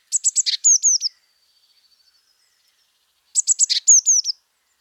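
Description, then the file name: Eurasian blue tit gives two high-pitched bursts, several sharp quick notes then two or three falling whistled notes, separated by a couple of seconds of quiet. "Cyanistes caeruleus"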